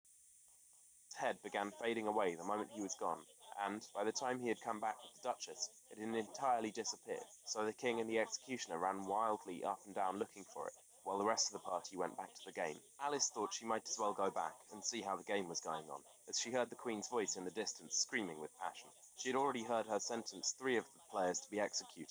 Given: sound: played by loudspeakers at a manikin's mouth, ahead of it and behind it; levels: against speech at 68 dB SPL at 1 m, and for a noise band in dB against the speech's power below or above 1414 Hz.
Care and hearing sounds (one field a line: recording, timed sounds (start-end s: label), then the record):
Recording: test signals for a remote microphone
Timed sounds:
1.11-22.11 s: man speaking, babble ahead at +6 dB SNR for speech at 1 m
From the record:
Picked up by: remote microphone D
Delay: 24 ms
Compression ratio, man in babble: 1.14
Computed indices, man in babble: HASPI 0.996, HASQI 0.277 (non-linear 0.318, linear 0.872), ESTOI 0.748